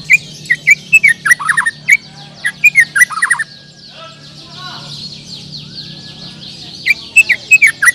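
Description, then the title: Bird song: two runs of fast, sharp falling chirps separated by a pause, set against a steady high shimmering chorus and a low hum. "Kicau Burung"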